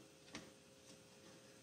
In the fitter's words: push it in - you hear it click boom